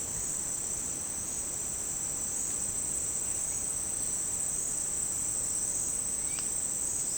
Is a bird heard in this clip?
no